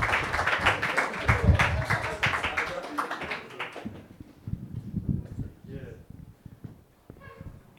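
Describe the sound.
An audience at a comedy night bursts into loud, dense applause for a comedian as he is introduced, a steady crackle of many clapping hands lasting several seconds before it fades and a man starts talking.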